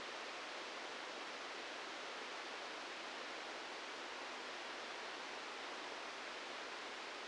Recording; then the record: brain microelectrode recording played as sound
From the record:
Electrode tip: outside the subthalamic nucleus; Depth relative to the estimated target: 4 mm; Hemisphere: right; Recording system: NeuroSet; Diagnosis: Parkinson's disease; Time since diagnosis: 15 years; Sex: female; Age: 59 years